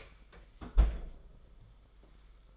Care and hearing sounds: daily activity, microphone in the room; close fridge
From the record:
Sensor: 5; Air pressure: 991.2 hPa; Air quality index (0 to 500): 112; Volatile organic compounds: 29 ppm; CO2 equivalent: 2935 ppm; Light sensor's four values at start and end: 37/113/43/46 and 36/112/43/45

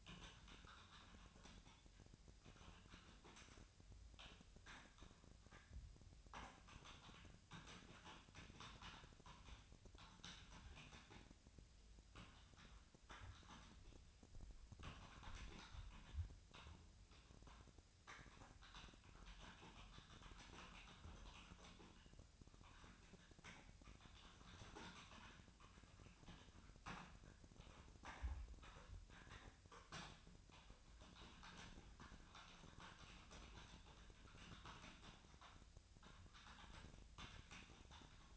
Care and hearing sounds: daily activity, microphone in the room; typing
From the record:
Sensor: 2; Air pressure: 1009.3 hPa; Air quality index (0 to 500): 187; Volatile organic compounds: 11 ppm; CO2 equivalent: 2323 ppm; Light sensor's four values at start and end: 24/60/26/28 and 23/57/24/27

